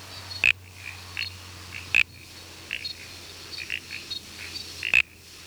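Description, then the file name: A toadlet gives a few short, sharp clicking notes, with softer notes between them and steady background hiss. "Uperoleia mimula"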